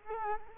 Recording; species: mosquito wingbeat signal from an infrared sensor; Culex quinquefasciatus